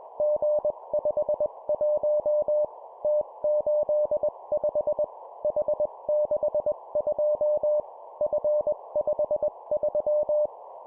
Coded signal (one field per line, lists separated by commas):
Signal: Morse code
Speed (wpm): 21 wpm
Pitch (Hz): 600 Hz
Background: none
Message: G51 T85 H62 F53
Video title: 20wpm Three letter words letter,number,number, morse code practice